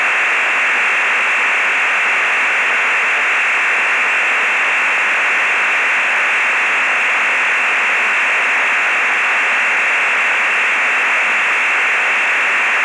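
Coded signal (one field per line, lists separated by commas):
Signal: digital SSTV (DRM)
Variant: EasyPal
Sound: steady wideband hiss-like data roar, unchanging for thirteen seconds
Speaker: in that case we'll go round to Chris vk3 FML do you setup for transmitting yet Chris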